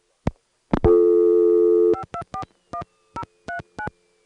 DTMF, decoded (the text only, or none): 5241039